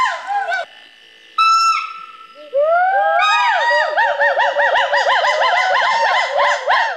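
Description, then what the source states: Skywalker hoolock gibbon song: loud whooping notes sweeping up and down, repeated rapidly in a chorus. Chorus directly overhead in Gaoligong Mountains forest, recorded on the crew's second day there; species usually calls only once every 7-8 days; song described as whooping 'wu hu hu'.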